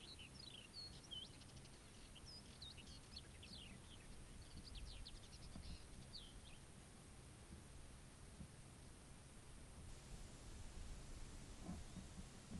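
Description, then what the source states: Birds singing: a string of high, quick whistled and chirped notes for the first half, then only low background rumble. Morning at a desert camp in Morocco.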